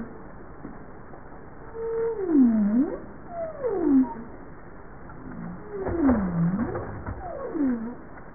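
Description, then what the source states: Bowhead whale calls: four low, swooping moans, most dipping then rising again, over a soft background hiss. Recorded 21 April 1988 at 07:05.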